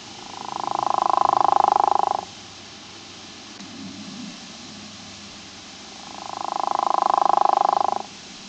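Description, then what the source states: True frog calling twice, each a rapid pulsed rattle about two seconds long that rises in loudness, with a quiet four-second pause between them. Family Ranidae.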